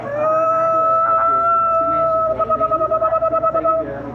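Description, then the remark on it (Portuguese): A white fox in fog cries out in one long, high, wavering call that holds a steady tone, then breaks into a quick run of rhythmic pulsing yips before fading. “E aí vocês veem, assim no meio da névoa, surgindo uma raposa branca, chegando na direção de vocês. Ela para, faz aquele barulho de novo.”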